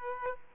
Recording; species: mosquito wingbeat signal from an infrared sensor; Aedes aegypti